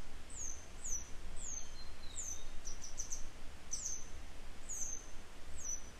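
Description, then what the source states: Grey wagtail calls: sharp, high, thin notes repeated in short bursts throughout, about every second, over a steady low rumble. A pair of grey wagtail parents still searching for their young today; follow-up report.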